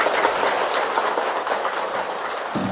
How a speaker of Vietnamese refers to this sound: Xin toàn thể đạo tràng chúng ta nhiệt liệt cho một tràng vỗ tay thật lớn và thật dài.